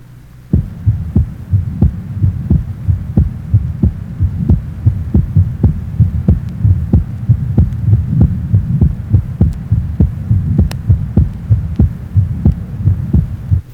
Age 16, normal loud second heart sound, left sternal border area.